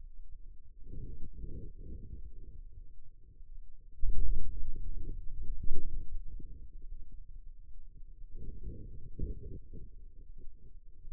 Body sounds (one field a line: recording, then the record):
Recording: forearm muscle sounds (acoustic myography)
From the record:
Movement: hand closing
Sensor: system 2, bracelet of six BSWA MPA416 microphones around the upper forearm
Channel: 6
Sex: male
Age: 22 years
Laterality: right